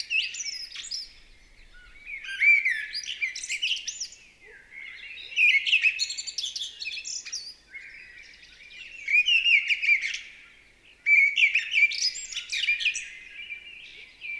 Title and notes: UNE DRAINE ENCHANTEE. 28 mars 2020-Val Maravel. Grive draine (Turdus viscivorus) dans toute sa ferveur vocale